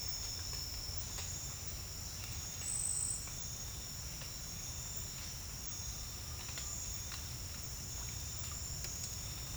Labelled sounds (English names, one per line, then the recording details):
none
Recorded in dense forest near Puerto Asís, Putumayo, Colombia, on 19 March 2025 at 08:00
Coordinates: 0.484, -76.317
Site G064